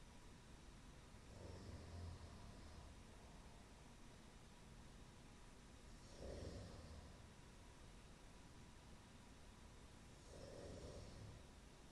Snoring at work.